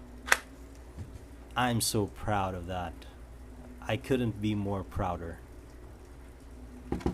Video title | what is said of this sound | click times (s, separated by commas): Glock 17 Gen 3 Boltaron Inside Waistband IWB & Trigger Guard Sheaths | when you reholster it, look at the click. Hear the click. | 0.3 s